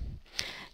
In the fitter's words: donc vous serrer et vous devez entendre le petit clip qui est le sécurité d'accord comme quoi c'est bien fermé